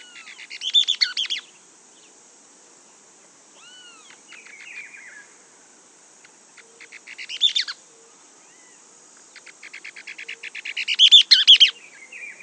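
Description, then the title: Mouse-colored tyrannulet song: three loud bursts of quick stuttering chirpy notes with a few quieter notes between them, over a steady high insect hum. Subspecies Phaeomyias murina murina. "LuckyPassaro Completos2Sama. Mouse-colored Tyrannulet (Phaeomyias murina murina)"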